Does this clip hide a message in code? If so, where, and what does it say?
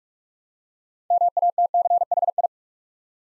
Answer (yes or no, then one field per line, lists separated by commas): yes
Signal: Morse code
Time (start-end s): 1.1-2.5 s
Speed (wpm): 44 wpm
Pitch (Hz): 700 Hz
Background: none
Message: MATCHI